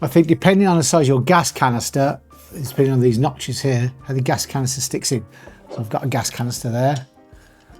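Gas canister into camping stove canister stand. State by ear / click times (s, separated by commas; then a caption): not seated / none. A gas canister is handled at the notches of the canister stand on a Fire Maple Star X3 camping stove, which holds the canister because the stove is tall and could tip over. Someone talks throughout, with faint handling sounds under the speech. The canister has not locked into place yet and nothing has seated or clicked by the end of the clip.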